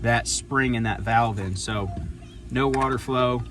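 A twist-lock hose fitting is handled at a camper water inlet spigot, which has a spring valve that stops water flow until the fitting is locked in. Someone talks throughout, and no mechanical sounds stand out. Nothing has seated or clicked yet by the end of the clip.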